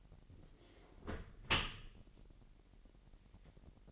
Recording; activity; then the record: daily activity, microphone in the room; close dishwasher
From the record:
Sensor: 4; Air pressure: 1001.4 hPa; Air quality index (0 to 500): 248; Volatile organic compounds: 41 ppm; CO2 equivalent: 3166 ppm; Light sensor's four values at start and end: 8/18/7/6 and 8/18/7/6